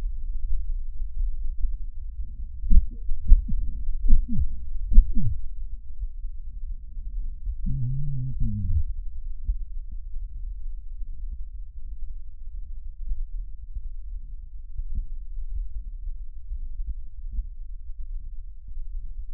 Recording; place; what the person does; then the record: lung sounds by stethoscope; left anterior apical chest; quiet breathing, then cough and speech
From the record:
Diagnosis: interstitial lung disease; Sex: male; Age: 72 years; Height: 170 cm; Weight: 62.9 kg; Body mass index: 21.8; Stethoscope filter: bell mode